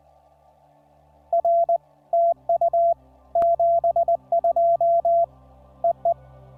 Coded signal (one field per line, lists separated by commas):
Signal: Morse code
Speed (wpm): 20 wpm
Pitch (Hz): 680 Hz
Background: none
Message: R TU 72 EE